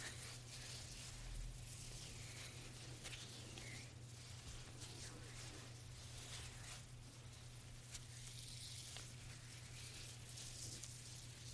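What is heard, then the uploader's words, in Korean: A gentle hand massage without any talking: soft, steady rubbing and slick friction sounds form a bright, crackly hiss. Brief swishes stand out every second or two over a constant low hum. 말없이 부드러운 손 마사지 소리.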